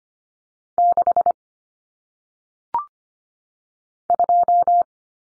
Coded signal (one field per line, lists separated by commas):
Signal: Morse code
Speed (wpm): 25 wpm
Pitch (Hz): 700 Hz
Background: none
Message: 6 2